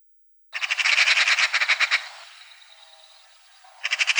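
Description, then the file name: Eurasian magpie giving a harsh, rapid rattling chatter, pausing briefly, then starting another burst of rattling. "Soroka"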